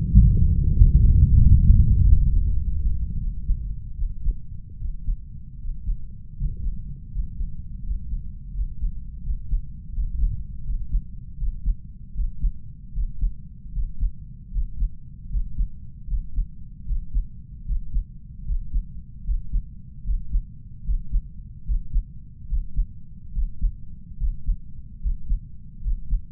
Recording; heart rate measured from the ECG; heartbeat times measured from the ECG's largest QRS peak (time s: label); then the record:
heart sounds by stethoscope; 79 bpm
0.13 s: heartbeat
0.76 s: heartbeat
1.37 s: heartbeat
1.95 s: heartbeat
2.54 s: heartbeat
3.18 s: heartbeat
3.96 s: heartbeat
4.79 s: heartbeat
5.59 s: heartbeat
6.37 s: heartbeat
7.11 s: heartbeat
7.83 s: heartbeat
8.53 s: heartbeat
9.22 s: heartbeat
9.92 s: heartbeat
10.64 s: heartbeat
11.37 s: heartbeat
12.14 s: heartbeat
12.92 s: heartbeat
13.72 s: heartbeat
14.51 s: heartbeat
15.29 s: heartbeat
16.07 s: heartbeat
16.85 s: heartbeat
17.65 s: heartbeat
18.44 s: heartbeat
19.24 s: heartbeat
20.03 s: heartbeat
20.83 s: heartbeat
21.64 s: heartbeat
22.47 s: heartbeat
23.32 s: heartbeat
24.17 s: heartbeat
24.99 s: heartbeat
25.81 s: heartbeat
From the record:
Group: healthy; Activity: breath hold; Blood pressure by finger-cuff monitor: 118/52 mmHg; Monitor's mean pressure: 73 mmHg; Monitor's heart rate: 76 bpm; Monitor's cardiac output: 7.6 L/min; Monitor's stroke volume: 99 mL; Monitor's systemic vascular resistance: 660 dyn s/cm5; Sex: female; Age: 32 years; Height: 168 cm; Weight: 61.9 kg